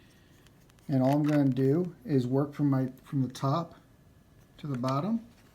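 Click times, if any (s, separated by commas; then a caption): none. A rubber side grip panel is handled against the plastic shell of an Xbox One Elite controller, to be pressed on working from top to bottom. A few faint, brief ticks sound near 0.5 s, 0.7 s and 0.8 s, and then someone talks through most of the clip. Nothing has seated or clicked yet.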